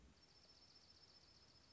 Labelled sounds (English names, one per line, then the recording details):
Dark-eyed Junco
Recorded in Sonoma County, California